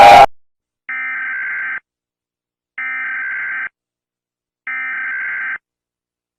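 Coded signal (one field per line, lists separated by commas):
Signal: Emergency Alert System (SAME) tones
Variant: header bursts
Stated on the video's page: Homemade recreations of old EAS alarms.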